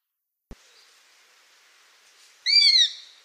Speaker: So the sparrowhawk call is higher pitched, definitely has a sort of squeakier quality to it than the goshawk call.